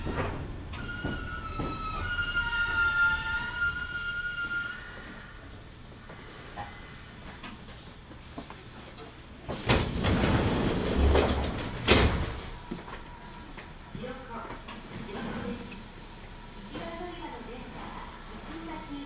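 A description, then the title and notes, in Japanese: A Kintetsu Nagoya Line local train rides between stations, and the clip opens with a chime or tone pattern with a rising whine over the rumble of the carriage. A loud burst of noise around ten to twelve seconds gives way to quieter rolling with scattered clunks and murmured voices. 近鉄名古屋線各駅停車 塩浜→白子。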